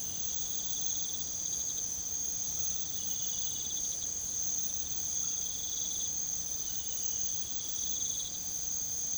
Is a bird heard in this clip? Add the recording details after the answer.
no. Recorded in pastures near Puerto Asís, Putumayo, Colombia, on 9 March 2025 at 02:00. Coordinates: 0.486, -76.323. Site G075